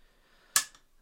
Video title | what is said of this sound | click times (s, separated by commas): Making an OVER-ENGINEERED Bottle Opener! // Automatic bottle opener // Shoot caps across the room! | it locks into place with the latch arm there on the barrel and then it's spring loaded | 0.6 s